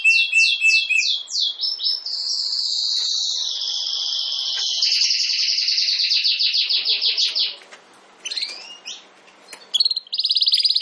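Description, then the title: Domestic canary song: fast trills and rolling phrases high in pitch, shifting every second or two, with brief quieter gaps near the end before another rapid trill. Belgian canary breed (Canário Belga), singing. "Canário Belga Campainha Canary Singing"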